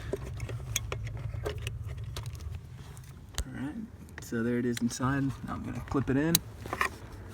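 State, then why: Seated. An LED flasher relay from Diode Dynamics is plugged into the flasher relay socket of a Lexus IS300 and flipped into place, with scattered small clicks and rattles while someone talks. The relay connector clicks in at 6.8 seconds, seated and good to go.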